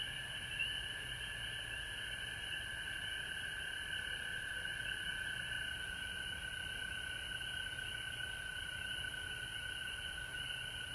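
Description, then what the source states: Frog chorus, a steady dense trilling drone with a strong mid-pitched band and a higher overtone, unbroken throughout, over a constant high hiss. Recorded at home in Georgia on March 19, 2020.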